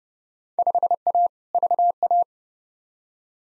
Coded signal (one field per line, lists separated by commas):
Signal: Morse code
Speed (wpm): 32 wpm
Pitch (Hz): 700 Hz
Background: none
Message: 5A VA